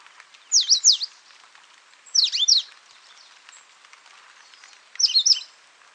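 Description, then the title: Coal-crested finch giving three short high-pitched twittering phrases of quick sliding notes, spaced irregularly over a faint hiss. "LuckyPassaro Completos2Sama. Coal-crested Finch (Charitospiza eucosma)"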